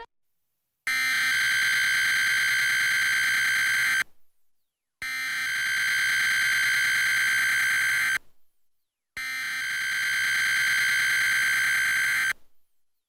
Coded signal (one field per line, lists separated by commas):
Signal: Emergency Alert System (SAME) tones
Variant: header bursts